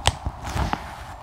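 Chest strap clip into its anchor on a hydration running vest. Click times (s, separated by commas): 0.1 s, 0.7 s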